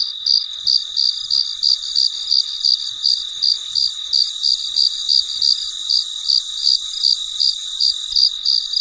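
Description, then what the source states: Cricket with a run of short, sharp high chirps repeating evenly about three times per second over a faint constant hiss. Recorded late at night in quiet surroundings.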